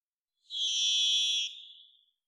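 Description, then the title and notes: Varied thrush giving a single harsh, buzzy whistled note with a rough, doubled tone, held steady about a second, then quickly fading; nothing else audible. Song; Pacific Northwest, Washington, United States; parabolic single-species recording, processed for clarity with natural pace and rhythm kept. "Varied Thrush, Ixoreus naevius, song, parabolic single-species recording, processed for clarity, natural pace and rhthym maintained Recorded in the beautiful Pacific Northwest, Washington, United States"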